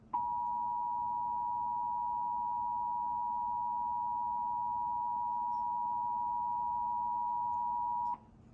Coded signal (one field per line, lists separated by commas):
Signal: Emergency Alert System (SAME) tones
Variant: 853 and 960 Hz attention tone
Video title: 2023 Nationwide EAS Test